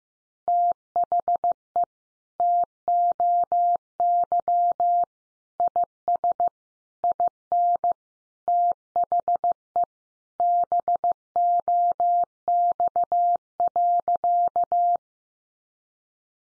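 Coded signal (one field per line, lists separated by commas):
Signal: Morse code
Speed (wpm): 15 wpm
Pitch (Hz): 700 Hz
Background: none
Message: THE TOY IS IN THE BOX.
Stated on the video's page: Morse code lesson at 15 wpm: easy phrases for head-copy practice, each sentence sent, then spoken, then sent again.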